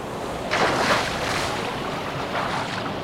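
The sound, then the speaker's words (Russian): Rough, stormy sea waves surge and crash in broad, hissing swells, with a steady roar of wind and water underneath and a louder wave breaking early on. “Я не вижу, волны слишком высокие.”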